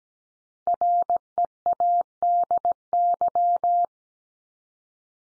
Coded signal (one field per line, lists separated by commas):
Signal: Morse code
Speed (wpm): 17 wpm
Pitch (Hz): 700 Hz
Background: none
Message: READY